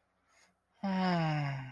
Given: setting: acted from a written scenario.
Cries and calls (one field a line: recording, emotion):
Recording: vocal sound without words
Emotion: romantic love